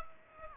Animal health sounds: mosquito wingbeat signal from an infrared sensor; Aedes aegypti

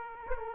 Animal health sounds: mosquito wingbeat signal from an infrared sensor; Aedes aegypti

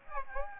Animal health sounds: mosquito wingbeat signal from an infrared sensor; Aedes aegypti

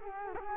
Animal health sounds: mosquito wingbeat signal from an infrared sensor; Culex quinquefasciatus

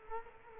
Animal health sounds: mosquito wingbeat signal from an infrared sensor; Culex quinquefasciatus

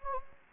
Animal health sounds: mosquito wingbeat signal from an infrared sensor; Anopheles gambiae

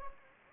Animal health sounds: mosquito wingbeat signal from an infrared sensor; Anopheles gambiae

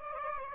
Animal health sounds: mosquito wingbeat signal from an infrared sensor; Aedes aegypti

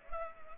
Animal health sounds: mosquito wingbeat signal from an infrared sensor; Culex pipiens

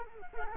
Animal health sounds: mosquito wingbeat signal from an infrared sensor; Culex quinquefasciatus

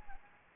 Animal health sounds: mosquito wingbeat signal from an infrared sensor; Anopheles gambiae

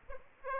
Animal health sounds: mosquito wingbeat signal from an infrared sensor; Aedes aegypti

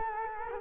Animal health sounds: mosquito wingbeat signal from an infrared sensor; Culex quinquefasciatus

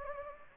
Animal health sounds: mosquito wingbeat signal from an infrared sensor; Anopheles gambiae

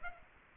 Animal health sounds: mosquito wingbeat signal from an infrared sensor; Aedes aegypti

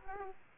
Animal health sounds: mosquito wingbeat signal from an infrared sensor; Aedes aegypti

